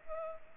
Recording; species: mosquito wingbeat signal from an infrared sensor; Culex pipiens